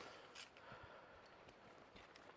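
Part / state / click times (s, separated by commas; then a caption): tent leg joint into the instant tent frame hub / not seated / none. A tent leg joint on an instant pop-up tent is being pushed outward toward the frame hub so it can snap into place. There is steady broadband rustling with a few low thumps and a brief sharp tick near 2.2 s. Nothing has seated or clicked yet.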